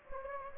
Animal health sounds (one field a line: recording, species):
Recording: mosquito wingbeat signal from an infrared sensor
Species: Anopheles gambiae